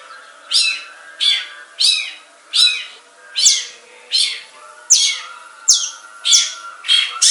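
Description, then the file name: Long-tailed shrike giving harsh, swept rasps repeated a little more than once a second, each note grating. Banyuwangi and Madura song styles. "Suara Cendet Banyuwangi dan Madura"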